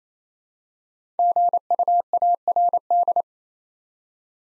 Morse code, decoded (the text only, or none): GUARD